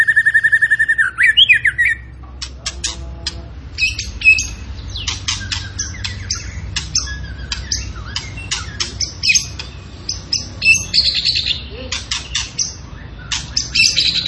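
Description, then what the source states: Zebra finch song: a whistled rising phrase, then rapid buzzy nasal notes and short chirps in irregular bursts, with a low steady hum underneath. Cage-bird training recording of a tembakan singing actively and persistently, used to teach song to other caged birds.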